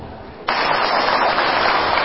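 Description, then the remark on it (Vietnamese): After a brief lull, a crowd suddenly breaks into loud, dense hand slapping imitating a woman swatting mosquitoes while chanting a Buddhist sutra, a rapid crackling patter that continues steadily to the end. “Tụng hội tai máu không đó quý vị, đập mũi.”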